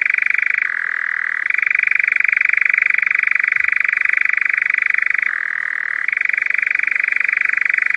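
European nightjar giving a sustained dry churr, dropping briefly to a lower pitch twice before returning to the higher note, continuous throughout.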